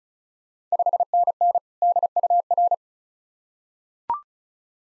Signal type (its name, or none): Morse code